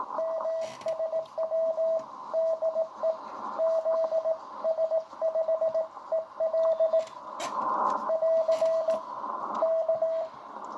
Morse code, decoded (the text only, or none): MSW DE ZS5EL <AR> K